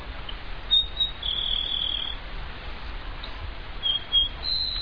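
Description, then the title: Grassland Sparrow song: thin, high whistled notes followed by a drawn-out buzzy note, then more brief high whistles over steady background hiss. "LuckyPassaro Completos2Sama. Grassland Sparrow (Ammodramus humeralis)"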